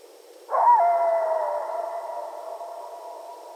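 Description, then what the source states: Coyotes howling, a burst of overlapping wavering howls at several pitches that begins abruptly and then trails off slowly. Coyotes recorded at night on 15 February 2012.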